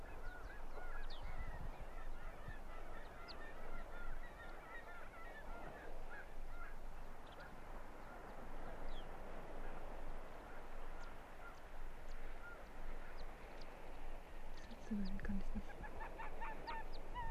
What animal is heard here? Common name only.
Arctic Fox